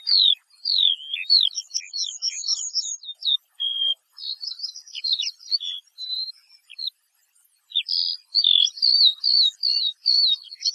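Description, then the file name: Eurasian skylark song: a rapid, continuous stream of high, twittering and chirping notes that keeps changing, pausing only briefly before resuming. "Allodola"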